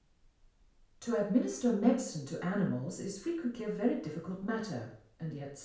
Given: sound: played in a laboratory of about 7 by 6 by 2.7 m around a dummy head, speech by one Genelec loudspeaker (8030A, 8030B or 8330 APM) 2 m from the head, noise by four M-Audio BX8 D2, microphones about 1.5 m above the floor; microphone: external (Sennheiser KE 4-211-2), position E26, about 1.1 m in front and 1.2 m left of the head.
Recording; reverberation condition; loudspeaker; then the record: female speech in English; medium; 60 degrees to the right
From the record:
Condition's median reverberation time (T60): about 510 ms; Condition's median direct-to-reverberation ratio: about -0.5 dB